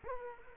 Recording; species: mosquito wingbeat signal from an infrared sensor; Culex quinquefasciatus